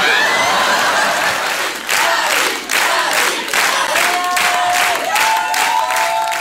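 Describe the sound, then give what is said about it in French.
An audience claps loudly and steadily for several seconds after a comedy sketch, with cheers and a few whistles rising over the dense applause toward the end. “Et voilà, vous pourrez venir vous aussi applaudir eh bien, Camille Lelouch, ça se passera à l'espace Lac de Gérardmer le 17 avril.”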